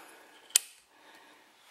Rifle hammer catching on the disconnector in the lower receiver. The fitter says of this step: And make sure it clicks and holds down before you let up, because you don't want the hammer